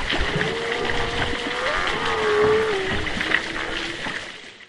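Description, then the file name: Humpback whale moaning underwater, one long wavering tone that slides up and then falls, followed by a lower held note, over constant churning water noise. Underwater recording off east Australia in August; distant whale heard amid choppy water movement. "zapsplat animals whales humpback underwater distant east australia"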